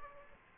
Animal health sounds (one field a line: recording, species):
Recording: mosquito wingbeat signal from an infrared sensor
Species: Aedes aegypti